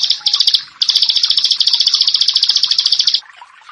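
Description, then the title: Bar-winged prinia song: a rapid, dense high trill of ringing notes, briefly broken near the start, then stopping abruptly before the end. "Ciblek Sawah"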